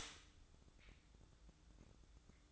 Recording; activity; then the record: daily activity, microphone in the room; stop toaster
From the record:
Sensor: 3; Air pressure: 1007.1 hPa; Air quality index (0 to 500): 55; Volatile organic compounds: 1 ppm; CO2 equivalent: 595 ppm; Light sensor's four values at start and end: 9/21/8/9 and 9/20/8/9